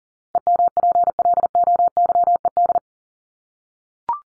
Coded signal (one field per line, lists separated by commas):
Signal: Morse code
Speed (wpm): 40 wpm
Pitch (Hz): 700 Hz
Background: none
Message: EMPLOYED